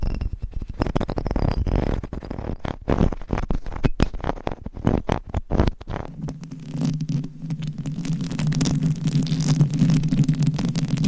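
Mic scratching in rapid, irregular bursts for six seconds, then a denser steady rubbing with a low hum beneath until the end.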